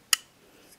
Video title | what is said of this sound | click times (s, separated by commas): Removing the Torsion Bar from the Zero Tolerance 0350 | that's that little ball bearing locking into the little channel there | 0.1 s